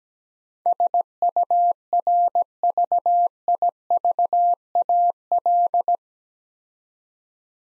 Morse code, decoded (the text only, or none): SURVIVAL